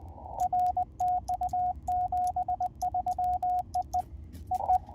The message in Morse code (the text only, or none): R TU 73 EE EE